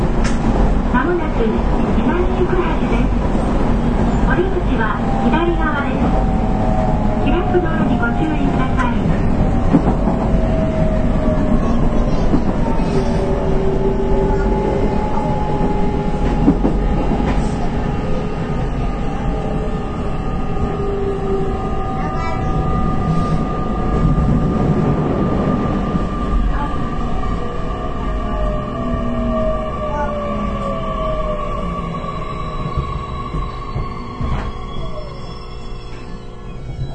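A Series 813 local train on the Nippō Line runs steadily with a dense low rumble, gliding motor whines, and occasional rail clicks.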